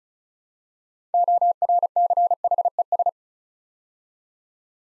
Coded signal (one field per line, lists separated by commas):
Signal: Morse code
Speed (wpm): 36 wpm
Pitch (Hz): 700 Hz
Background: none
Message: ORCHES